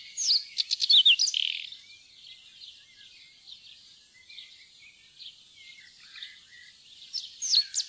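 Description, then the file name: Whinchat song: short bursts of scratchy, high chattering notes mixed with brief whistles, a loud phrase at the start and another near the end, softer twittering between. "buskskvett"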